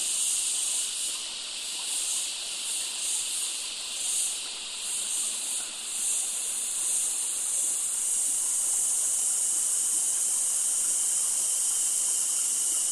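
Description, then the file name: Insect chorus of cicadas: a harsh high buzz that throbs in regular pulses for several seconds before settling into a constant sizzling drone. Forest ambience in summer, Australia, by a creek, with loud insects. "zapsplat nature forest ambience summer creek close by loud insects cicada australia"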